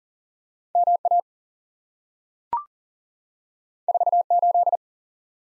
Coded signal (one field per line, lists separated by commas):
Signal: Morse code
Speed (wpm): 41 wpm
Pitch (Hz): 700 Hz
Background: none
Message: M A 4 8